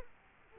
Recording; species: mosquito wingbeat signal from an infrared sensor; Culex quinquefasciatus